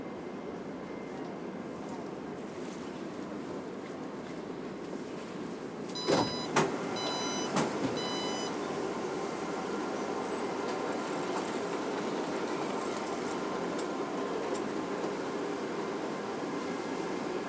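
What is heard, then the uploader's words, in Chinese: A ride inside a metro train, with a steady, dense rumble of wheels and motor filling the car throughout. Around six to eight seconds a few sharp metallic clicks and squeals cut through, then the low, even roar continues, perhaps with faint voices beneath. 鐵道、臺北捷運、淡水線、人聲。設備：Tascam DR-40x。搭乘臺北捷運淡水線從台北車站到民權西路站。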